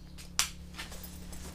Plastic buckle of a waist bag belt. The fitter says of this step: Κουμπώνει εδώ στη μέση.